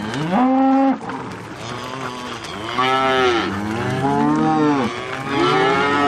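Cow mooing repeatedly, several deep drawn-out moos one after another, some rising and then falling in pitch.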